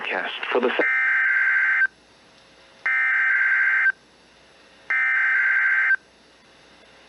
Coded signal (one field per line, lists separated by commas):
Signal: Emergency Alert System (SAME) tones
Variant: header bursts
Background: speech